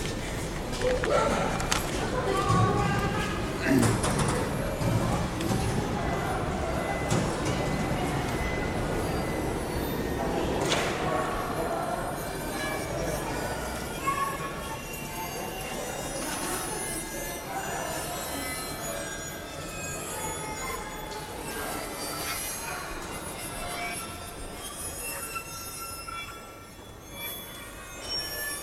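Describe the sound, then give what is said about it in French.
A metro train rumbles along on steady running wheels, with high metallic squeals rising over the continuous roar and a sharp sliding-door clatter partway through. “Tu prends souvent ce métro?”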